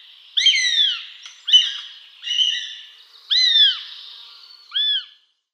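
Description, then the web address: Northern goshawk giving five downward-slurring wailing calls, spaced about a second apart, in a quiet background. "Schulze Peter Goshawk"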